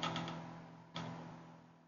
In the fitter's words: if everything looks good press the two halves of the cluster together until the bottom tabs lock into place